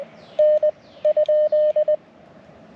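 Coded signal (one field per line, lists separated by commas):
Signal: Morse code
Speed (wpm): 20 wpm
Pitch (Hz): 610 Hz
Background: none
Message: N ?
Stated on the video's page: Morse park activation (POTA) made on a bicycle outing.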